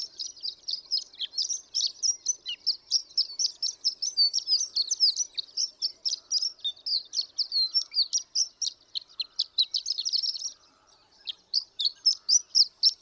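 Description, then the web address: Horned lark song: an extended, fast, high-pitched tinkling twitter that halts briefly after ten seconds and starts again. "birdsongforthecurious Horned Lark"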